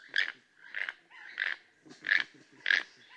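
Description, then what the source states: Keel-billed Toucan calls: five dry, grating croaks repeated about every two-thirds of a second. Two toucans calling back and forth to one another in the Guatemalan rainforest.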